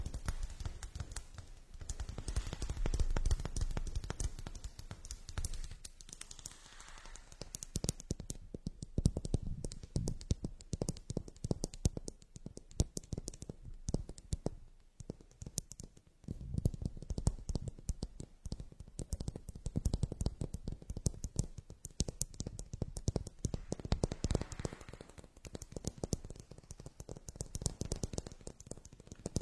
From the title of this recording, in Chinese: 水晶球 包包 眼镜 笔记本 水音